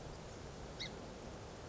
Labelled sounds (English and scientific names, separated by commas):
Song Sparrow (Melospiza melodia)